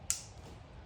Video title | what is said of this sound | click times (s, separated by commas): Installing the FULL-TIME Amber DRL Kit on My 2024 GMC Canyon! | Make sure it clicks. | 0.1 s